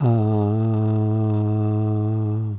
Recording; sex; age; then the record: sustained vowel /a/; male; 60 to 69 years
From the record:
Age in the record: 62 years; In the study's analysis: included